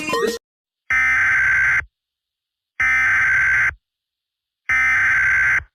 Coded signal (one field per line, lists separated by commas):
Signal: Emergency Alert System (SAME) tones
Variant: header bursts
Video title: eas scenario catemojibabyheat the young country bombers vs emoji baby abuse part 35 welcome to palo